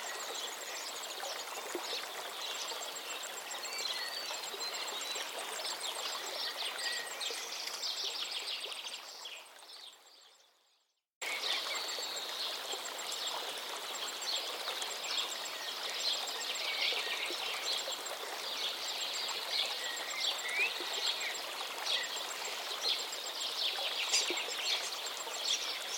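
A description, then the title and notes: A forest river runs with a steady, dense rush while birds sing over it, their bright chirps and trills scattered throughout. Around ten seconds the sound fades out to a brief silence, then cuts back in at full level and continues unchanged. Forest River with Birds Singing. During the day.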